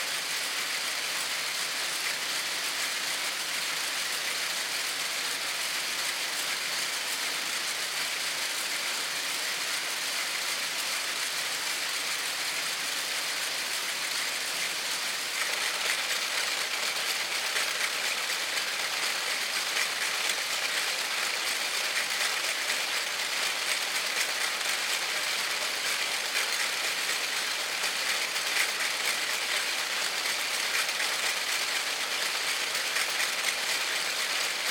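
Weaving workshop machinery runs in a dense, steady clatter that fills the room, bright and hissing with a fine rapid rattle. Around fifteen seconds the din grows slightly louder and stays there, with no pauses or distinct separate events.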